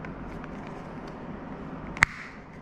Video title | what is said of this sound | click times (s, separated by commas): Bose Frames Lens Replacement Polarized | yep that's the click sound there you have it | 2.0 s